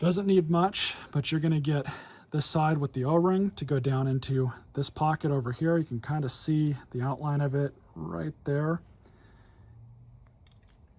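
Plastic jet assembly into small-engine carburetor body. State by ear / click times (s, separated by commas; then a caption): not seated / none. A plastic jet assembly is lined up with its O-ring side going down into the pocket of a plastic small-engine carburetor body, just before being pushed home. Someone talks for most of the clip, followed by only faint handling ticks near the end. Nothing has seated or clicked yet.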